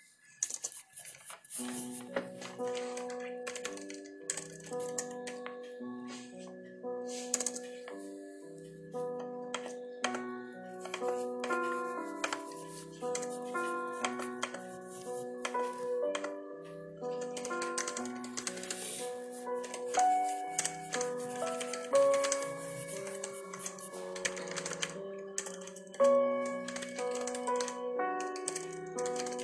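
Soft piano chords play steadily after a near-silent first second, while quick, irregular typing clicks and taps patter throughout over the music.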